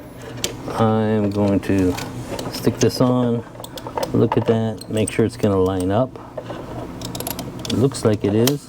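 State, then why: Not seated. A replacement fuel pump for a Mazda CX-5 under fuel pump recall 5321K is held against the fuel pump module housing with its alignment hole lined up, while someone talks. Light handling taps and rattles are heard near the end of the clip. Nothing has snapped into the module bracket or seated yet.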